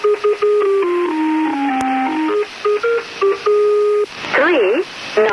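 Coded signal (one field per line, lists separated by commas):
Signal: numbers station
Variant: Lincolnshire Poacher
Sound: an electronic organ-like folk melody of stepping notes over static, then a brief warble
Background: radio static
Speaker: One of the best known number stations was the Lincolnure Poacher, named after the folk song played as an identifying signal.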